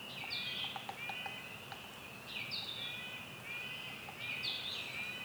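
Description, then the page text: Yellow-bellied sapsucker giving soft, slurred, mewing calls that run on almost without pause. Mew call at Lac Caron, Saint-Marcellin, Quebec, 23 May 2019, morning. "Pic maculé – Sphyrapicus varius – L'Oiseau son"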